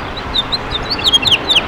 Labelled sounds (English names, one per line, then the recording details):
House Finch song
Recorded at Freeport on Long Island, New York, on 28 May 2013
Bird E